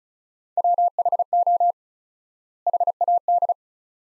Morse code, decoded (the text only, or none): WHO HAD